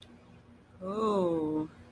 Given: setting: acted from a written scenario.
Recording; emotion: vocal sound without words; romantic love